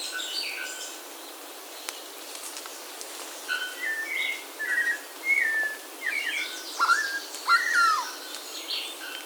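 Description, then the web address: Bird calls, a run of whistled notes gathering pace in the second half, ending with falling slurred whistles, over hiss. "BIRD 2015 SABIOD"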